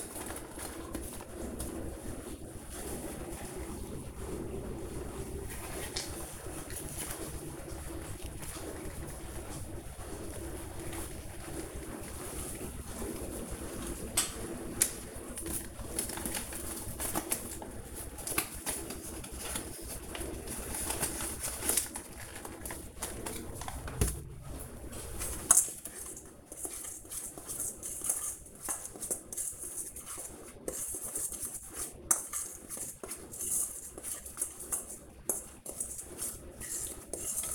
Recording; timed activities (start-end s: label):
household activities, microphone on the right wrist
0.00-37.55 s: baking